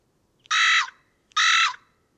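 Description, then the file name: Carrion crow uttering a pair of harsh, grating caws of equal length, separated by a short pause, over faint low background noise. "Corvus corone"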